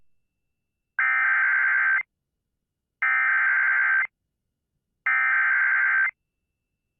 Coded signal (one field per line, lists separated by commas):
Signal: Emergency Alert System (SAME) tones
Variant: header bursts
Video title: Severe Thunderstorm Warning on WBAP Dallas/Fort Worth (EAS #1353)